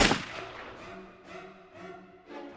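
Three pistol shots fired in a forest ring out: a loud, sharp crack at the start, then a lingering tonal ring with softer bursts recurring over the next two seconds. No one speaks.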